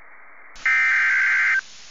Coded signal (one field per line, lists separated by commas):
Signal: Emergency Alert System (SAME) tones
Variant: header bursts